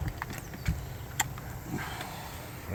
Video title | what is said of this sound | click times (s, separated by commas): In wall drain/vent leak and stucco repair. | That's right. Hear that? Hear that torque click? | 1.2 s